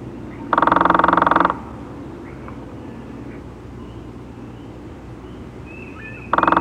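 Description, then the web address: Red-bellied woodpecker giving a loud, harsh rolling churr lasting about a second, repeated once more near the end, with a steady low hum beneath. "101 Bird Songs. Red Bellied Woodpecker"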